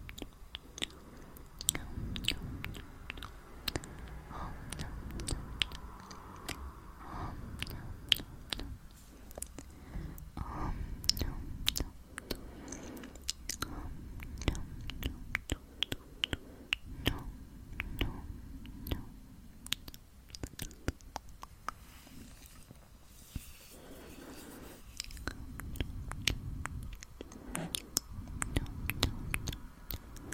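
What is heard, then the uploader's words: Breathy ASMR mouth sounds: wet clicks, smacks and soft chewing-like squishes tumble out densely and irregularly for the full thirty seconds. Low, muffled breathy thumps run underneath, with a brief quieter stretch around twenty-two seconds. ASMR mouth sounds breathy mouth sounds.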